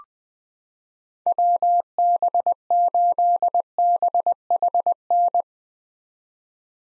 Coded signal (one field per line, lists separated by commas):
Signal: Morse code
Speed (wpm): 21 wpm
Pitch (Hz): 700 Hz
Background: none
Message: WB8BHN